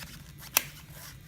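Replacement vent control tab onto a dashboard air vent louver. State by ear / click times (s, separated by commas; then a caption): seated / 0.6 s. A plastic replacement control tab is pushed onto the plastic louver of a Hyundai Elantra 2011–2016 dashboard A/C air vent. A single sharp, bright snap at 0.6 s stands out against a faint low hum. The tab seats on the louver.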